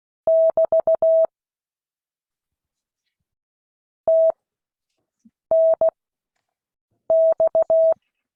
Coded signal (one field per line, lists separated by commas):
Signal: Morse code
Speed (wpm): 16 wpm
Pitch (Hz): 650 Hz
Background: none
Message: <BT> TNX